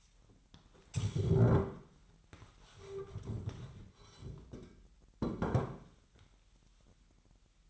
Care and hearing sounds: daily activity, microphone in the room; stand up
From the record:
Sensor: 3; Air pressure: 998.6 hPa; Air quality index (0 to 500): 127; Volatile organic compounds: 3 ppm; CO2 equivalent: 1521 ppm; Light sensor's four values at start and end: 8/18/7/8 and 8/18/8/8

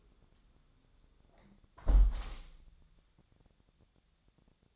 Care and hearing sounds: daily activity, microphone in the room; close window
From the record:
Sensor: 3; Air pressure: 1000.4 hPa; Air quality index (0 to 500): 148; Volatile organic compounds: 2 ppm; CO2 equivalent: 1282 ppm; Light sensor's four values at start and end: 13/35/14/15 and 13/34/13/15

